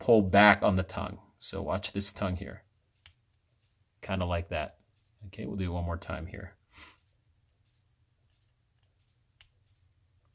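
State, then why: Seated. Inside the case of a Casio World Time AE1200WH-1A digital watch, the module is pressed down with a thumb while the small metal spring tongue is pulled back so it snaps over the end of the case pusher. Someone talks through the first part. After some quiet, a tiny sharp click at 9.4 s marks the tongue seating in place, with the pusher end sitting above it as it should.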